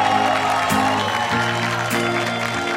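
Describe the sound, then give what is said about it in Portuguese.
An audience claps loudly and steadily for the full few seconds, welcoming a poet from Fortaleza, Ceará called onto the stage, a dense crackling wash of applause with low sustained tones shifting in pitch underneath. “Uma salva de palmas, rapaziada.”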